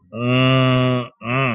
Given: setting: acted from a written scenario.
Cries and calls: vocal sound without words; desire

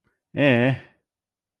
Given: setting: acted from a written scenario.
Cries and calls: vocal sound without words; neutral

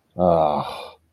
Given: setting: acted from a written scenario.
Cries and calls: vocal sound without words; guilt

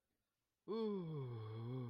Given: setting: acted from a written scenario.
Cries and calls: vocal sound without words; ecstasy

